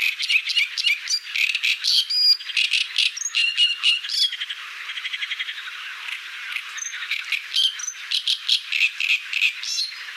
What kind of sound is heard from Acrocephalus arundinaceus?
song